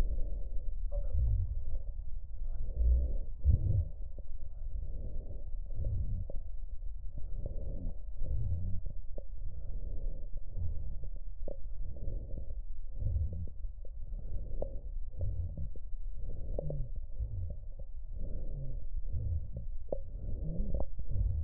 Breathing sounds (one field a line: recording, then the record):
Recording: lung sounds by stethoscope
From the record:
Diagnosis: chronic bronchitis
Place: left posterior upper chest